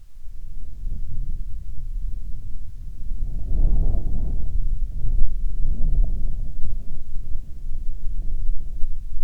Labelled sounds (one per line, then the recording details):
wind
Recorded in the Arctic National Wildlife Refuge, Alaska, on 7 August 2019 at 12:07
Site 49